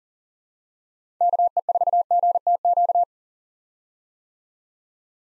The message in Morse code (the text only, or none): KE4GTQ